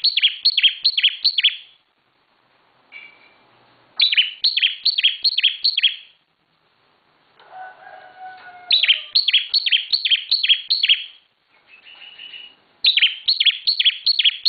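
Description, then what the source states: Bar-winged prinia singing rapid series of high, downslurred chirps in repeated bouts, with brief pauses and a few fainter lower whistled notes between bouts. Local name ciblek; described with the bird-keeping term 'semi super gacor', meaning very active, persistent singing.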